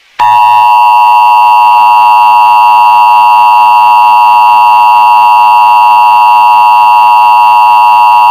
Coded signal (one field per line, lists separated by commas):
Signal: Emergency Alert System (SAME) tones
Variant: 853 and 960 Hz attention tone